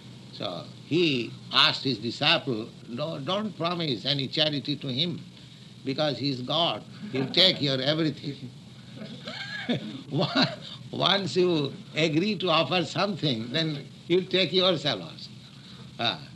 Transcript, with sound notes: So he asked his disciple, "Don't promise any charity to Him. Because He is God, He will take your everything. [laughs] Once you agree to offer something, then He will take yourself also."